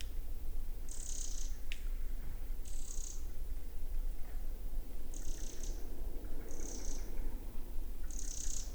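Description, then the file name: Eurasian wren with five thin, high rattling churrs spaced one to two seconds apart, set against a constant low-frequency rumble. "Troglodytes troglodytes"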